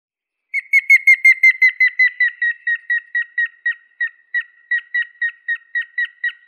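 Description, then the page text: Grey-headed woodpecker whistling a long series of clear, evenly pitched notes that sag slightly lower and become more widely spaced toward the end. "Дятел седой (Picus canus)"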